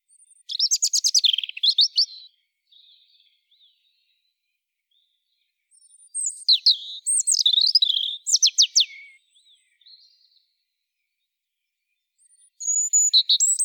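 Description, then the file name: European robin song: three separate high, sweet warbled phrases of trills and slurred whistles, spaced by quiet pauses of several seconds. "Erithacus rubecula"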